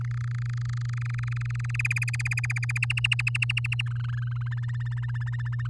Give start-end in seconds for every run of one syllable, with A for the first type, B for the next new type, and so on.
0.01-1.76 A, 1.79-2.78 B, 2.82-3.82 C, 3.86-4.48 D, 4.51-5.67 E